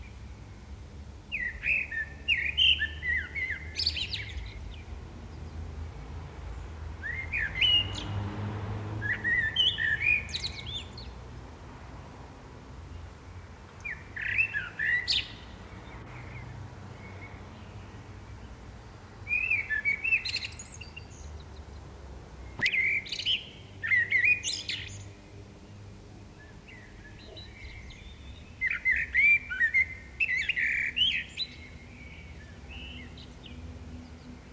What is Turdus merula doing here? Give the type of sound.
song